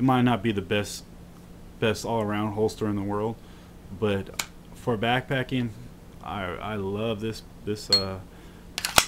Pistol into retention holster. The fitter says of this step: love this uh holster very easy to use snaps into place pretty tight